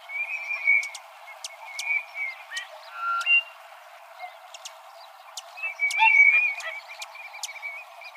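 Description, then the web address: Broad-tailed hummingbird giving short, sharp, high chip notes at irregular intervals, with a few brief whistled notes, over a steady background hiss. Arizona; 18 February 2006. "Hummingbirds Swifts BTLH. deviche"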